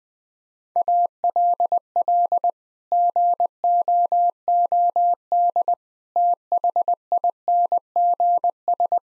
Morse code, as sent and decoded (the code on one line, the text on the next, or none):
.- .-.. .-.. / --. --- --- -.. / - .... .. -. --. ...
ALL GOOD THINGS